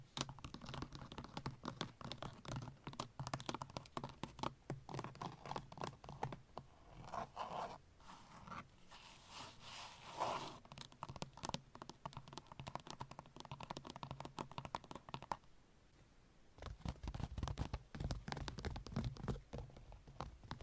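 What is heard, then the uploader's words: Long nails scratch and tap in a dense, busy run of small clicks and rubbing strokes, with brief louder swipes around the eight and ten second marks. A short quieter gap near fifteen seconds gives way to heavier, fuller rubbing. ASMR Sleep Triggers - Brain Melting Scratching , Tapping , Massage Long Nails No Talking.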